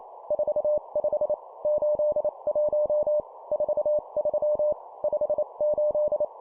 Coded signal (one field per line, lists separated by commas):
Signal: Morse code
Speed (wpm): 28 wpm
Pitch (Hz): 600 Hz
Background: none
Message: 45 81 43 58